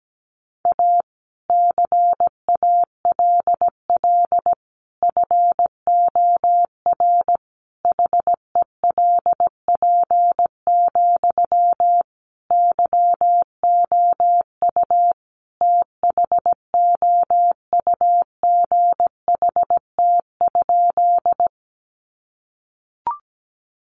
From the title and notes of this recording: These sentences are composed of the Top 300 words. First, the words are sent in Morse code. 17wpm.